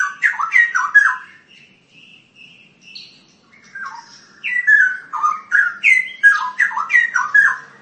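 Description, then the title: Long-tailed shrike song, a rapid jumble of harsh chattering notes and clear whistled phrases, a brief quieter whistled stretch in the middle before busy varied notes resume. "Kicau Burung Pentet"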